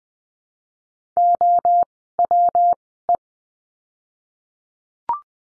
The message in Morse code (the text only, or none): OWE